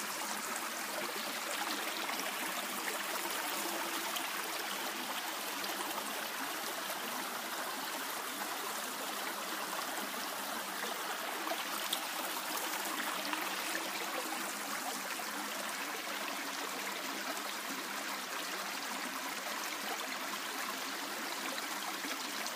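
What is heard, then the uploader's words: A babbling creek rushes steadily, a dense, unbroken wash of bright splashing and hiss with little low rumble. The sound holds even throughout, with small gurgles and trickles flickering within the flow but no distinct separate events. A babbling creek, rushing kind of wild, utter peace, a most beautiful hike at Chestnut Ridge County Park. One Minute of Water [Shale Creek Preserve].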